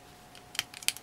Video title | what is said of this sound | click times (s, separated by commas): Lets Dual Build PG Strike Freedom (Feet-Leg) Build - Part 2 | and snaps into place | 0.9 s